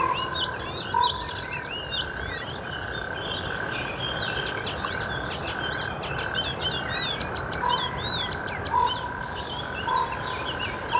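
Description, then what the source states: Natterjack toad chorus as a steady unbroken rattle throughout, with many birds chirping and twittering above and short whistled notes here and there. Natterjack toads recorded by listener Kirstie Zwaard.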